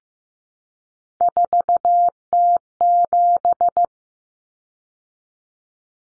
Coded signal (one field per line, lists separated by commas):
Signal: Morse code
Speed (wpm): 15 wpm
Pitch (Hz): 700 Hz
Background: none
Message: 4T7